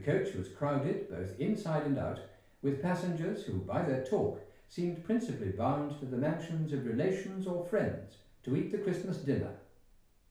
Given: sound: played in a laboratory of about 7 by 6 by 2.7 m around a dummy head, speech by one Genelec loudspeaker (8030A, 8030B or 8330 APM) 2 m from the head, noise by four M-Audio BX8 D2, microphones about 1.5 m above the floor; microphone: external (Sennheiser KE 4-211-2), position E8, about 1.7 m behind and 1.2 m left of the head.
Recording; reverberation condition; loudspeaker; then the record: male speech in English; medium; 90 degrees to the left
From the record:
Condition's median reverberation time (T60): about 510 ms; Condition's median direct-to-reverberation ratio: about -0.5 dB